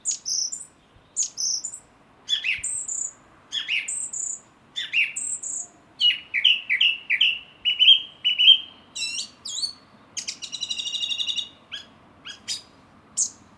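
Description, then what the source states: Song thrush song, a varied run of loud clear whistled and chattering phrases, several repeated two or three times, with short pauses between, over a quiet background. Male singing from an ivy bush in a garden most nights of the week, for about 20 minutes before flying off; resident all year, singing gets going in mid-spring.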